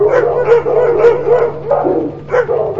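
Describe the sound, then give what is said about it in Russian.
A large pack of blind dogs barks in a rapid, overlapping jumble of sharp yaps and yelps, the bursts coming irregularly over a steady low hum. “И тут же услышал лай большой своры слепых псов.”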